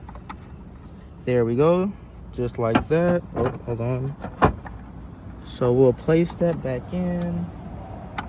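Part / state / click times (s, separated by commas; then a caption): turn signal lamp assembly into body opening / seated / 8.2 s. Someone talks while the plastic turn signal lamp assembly of a 2018 Ford Fiesta SE is placed back into its mounting in the body opening, with a few light handling knocks along the way. A sharp click at 8.2 s marks the lamp assembly seating back into place.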